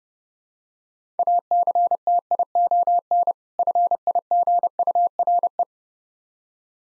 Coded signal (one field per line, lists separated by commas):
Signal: Morse code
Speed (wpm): 30 wpm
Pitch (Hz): 700 Hz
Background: none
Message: ACTION FIGURE